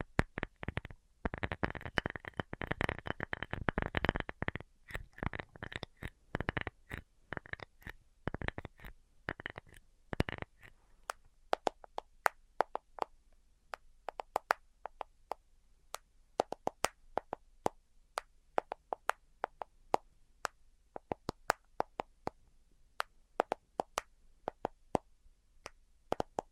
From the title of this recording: Tapping Tingle Immunity Treatment (No Talking)